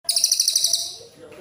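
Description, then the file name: Cililin coklat sounding a single rapid high trill of about ten even pulses, then faint lower notes. "suara cililin coklat"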